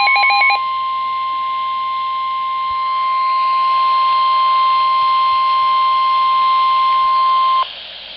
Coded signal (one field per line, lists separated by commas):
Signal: Emergency Alert System (SAME) tones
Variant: 1050 Hz attention tone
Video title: DOUBLE HEADER Severe Thunderstorm Warnings [EAS 13-14] | NOAA Weather Radio (6/12/2011)